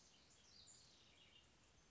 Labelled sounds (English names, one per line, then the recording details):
House Wren
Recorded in Sonoma County, California